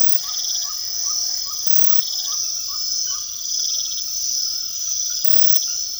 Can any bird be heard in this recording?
yes